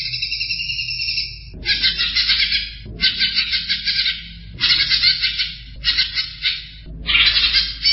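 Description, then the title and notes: Greater green leafbird song of harsh scratchy chattering bursts, each about a second long with short pauses, over a steady low hum. Described as a champion singing bird. "Kicau Burung Cucak Ijo Juara. Suara kicauan burung cucak ijo"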